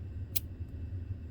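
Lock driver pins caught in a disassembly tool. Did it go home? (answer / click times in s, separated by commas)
yes / 0.4 s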